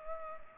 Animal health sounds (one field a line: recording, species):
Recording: mosquito wingbeat signal from an infrared sensor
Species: Culex pipiens